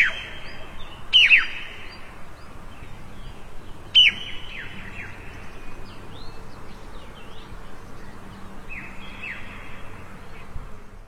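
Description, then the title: Bird calls: two loud, harsh, falling squawks a few seconds apart, followed by fainter scattered chirps over a continuous outdoor hiss. Two birds quarrelling in a plum orchard in the early morning. "清晨李子园里两只在争吵的鸟儿 ［声谷］"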